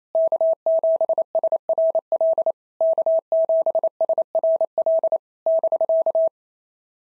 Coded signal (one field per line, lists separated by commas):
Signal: Morse code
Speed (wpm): 25 wpm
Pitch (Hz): 650 Hz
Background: none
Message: K7SRL K7SRL <BK>